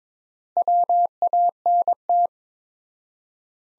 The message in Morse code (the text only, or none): WANT